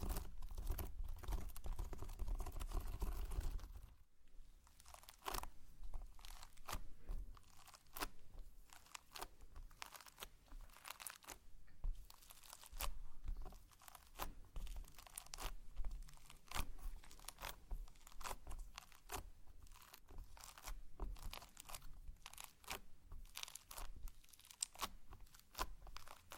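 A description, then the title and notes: Slime being squished and poked, with a dense string of sharp crackles, clicks and popping snaps repeating irregularly through the clip. The first four seconds carry a heavier low rumble under the crackling, then it drops away, leaving the bright, crisp pops and crunches alone. ASMR SLIME! 5 Satisfying Slimes.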